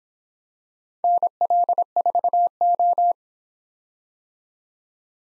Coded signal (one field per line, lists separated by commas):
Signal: Morse code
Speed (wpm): 26 wpm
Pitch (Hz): 700 Hz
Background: none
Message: NL4O